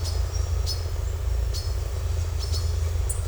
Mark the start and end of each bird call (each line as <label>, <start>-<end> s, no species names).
bird call, 0.00-3.20 s